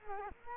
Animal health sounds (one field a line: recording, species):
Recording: mosquito wingbeat signal from an infrared sensor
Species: Culex quinquefasciatus